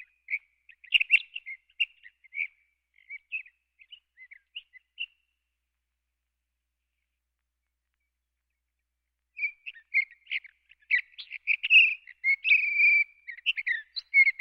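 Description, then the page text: Sage thrasher song in two bursts of rapid warbled notes, a five-second phrase, a long silence, then a denser, louder run of jumbled whistles. "Sage Thrasher Sound Effect. Quick Sounds"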